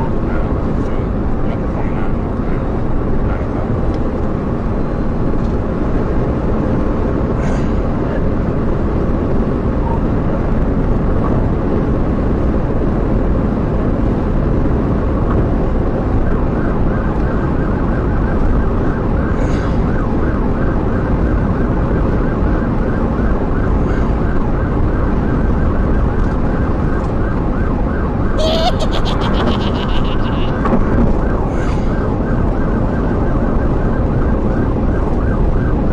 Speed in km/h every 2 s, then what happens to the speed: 155, 158, 159, 163, 163, 164, 166, 166, 169, 167, 167, 167, 166, 159, 159, 156, 161, 161.
0-16 speeds up to 169. 16-36 steady at about 161.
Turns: none.